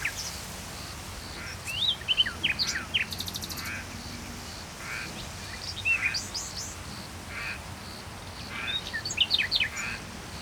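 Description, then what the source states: Common nightingale singing in short bursts of varied chirps and whistles, including a fast rattling trill. Recorded at Saint-Chamas, Provence-Alpes-Côte d'Azur, France, just before nightfall; line audio, MixPre-3 II recorder.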